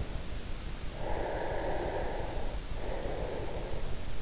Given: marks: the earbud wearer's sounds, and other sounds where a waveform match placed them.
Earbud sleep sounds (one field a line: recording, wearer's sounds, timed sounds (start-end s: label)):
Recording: sounds in sleep by an in-ear microphone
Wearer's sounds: breath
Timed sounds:
0.83-4.13 s: breath